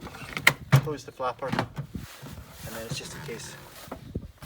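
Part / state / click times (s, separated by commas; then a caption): toilet waste cassette into motorhome cassette bay / not seated / none. A toilet waste cassette is handled at a motorhome's cassette bay while someone talks, with a few sharp knocks and brief handling noises early on and quieter clatter near the end. The cassette has not yet been slid back into the vehicle, and nothing has seated or clicked yet.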